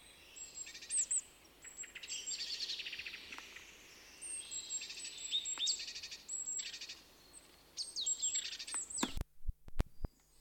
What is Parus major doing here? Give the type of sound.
call